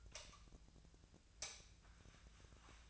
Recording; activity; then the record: daily activity, microphone in the room; light on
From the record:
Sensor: 2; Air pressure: 1009.7 hPa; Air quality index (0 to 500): 181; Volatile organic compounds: 10 ppm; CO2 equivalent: 2255 ppm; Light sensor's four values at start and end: 26/63/27/30 and 31/82/34/36